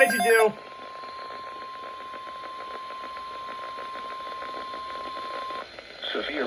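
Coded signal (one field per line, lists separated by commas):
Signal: Emergency Alert System (SAME) tones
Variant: 1050 Hz attention tone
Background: speech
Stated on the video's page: Two Special Weather Statement alerts from a Sterling unit, which toned the marine warnings separately.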